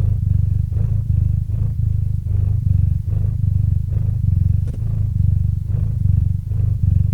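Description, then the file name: Cat purr in a steady rhythm, low rumbling bursts following the breath. Domestic cat named Murchik purring into a microphone. "Kot Murchik - Murchanie kota kot murchal v mikrofon"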